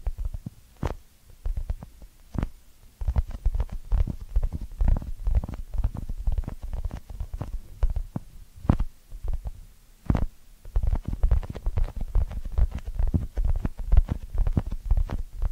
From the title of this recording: Ear Cleaning Triggers